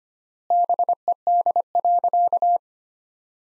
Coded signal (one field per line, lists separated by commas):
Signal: Morse code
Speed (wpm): 25 wpm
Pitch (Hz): 700 Hz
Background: none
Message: BED.